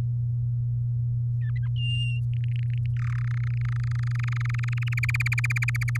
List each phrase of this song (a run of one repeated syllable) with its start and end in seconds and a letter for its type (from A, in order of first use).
1.41-1.68 A, 1.76-2.20 B, 2.33-2.86 C, 2.96-3.25 D, 3.27-4.94 E, 4.97-5.97 F